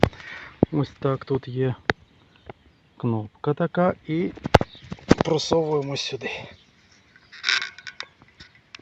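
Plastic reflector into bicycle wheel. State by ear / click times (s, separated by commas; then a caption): not seated / none. Someone talks while handling the orange plastic reflector taken from the old bicycle wheel, which has a release button and is being pushed through into its spot on the new wheel. A few short, sharp handling knocks come near the end, but the reflector has not clicked in or seated yet.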